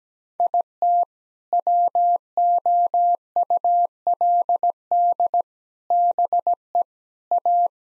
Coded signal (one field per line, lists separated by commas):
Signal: Morse code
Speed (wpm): 17 wpm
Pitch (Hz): 700 Hz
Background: none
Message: IT WOULD BE A